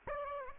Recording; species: mosquito wingbeat signal from an infrared sensor; Aedes aegypti